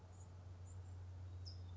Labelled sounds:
California Towhee
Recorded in Sonoma County, California

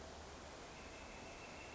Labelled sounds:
Northern Flicker
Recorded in Sonoma County, California

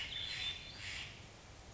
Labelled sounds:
Hermit Thrush
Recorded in Sonoma County, California

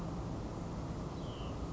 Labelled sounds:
Hutton's Vireo
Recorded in Sonoma County, California

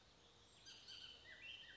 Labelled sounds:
Bullock's Oriole
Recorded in Sonoma County, California

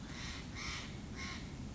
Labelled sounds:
Steller's Jay
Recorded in Sonoma County, California

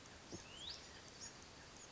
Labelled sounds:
Hutton's Vireo
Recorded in Sonoma County, California

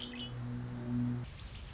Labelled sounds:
Red-winged Blackbird
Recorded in Sonoma County, California

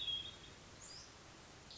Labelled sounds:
Hermit Thrush
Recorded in Sonoma County, California

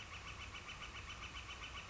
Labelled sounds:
Northern Flicker
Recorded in Sonoma County, California

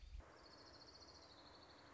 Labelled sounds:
Orange-crowned Warbler
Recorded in Sonoma County, California

